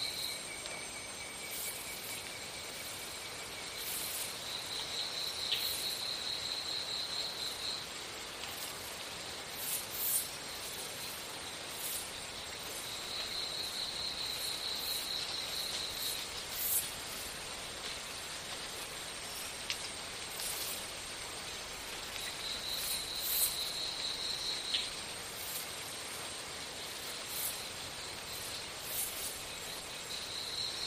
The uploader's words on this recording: This episode of the White Noise Podcast is JUNGLE SOUNDS.